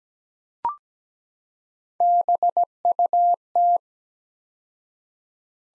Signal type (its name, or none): Morse code